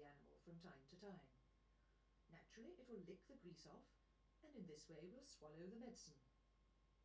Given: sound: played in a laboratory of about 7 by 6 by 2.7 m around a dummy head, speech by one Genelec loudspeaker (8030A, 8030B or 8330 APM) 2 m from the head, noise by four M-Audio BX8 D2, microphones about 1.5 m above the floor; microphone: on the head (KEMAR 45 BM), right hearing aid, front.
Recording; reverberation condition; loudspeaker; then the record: female speech in English; low; 120 degrees to the left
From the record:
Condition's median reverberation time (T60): about 310 ms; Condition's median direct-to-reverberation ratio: about 3.5 dB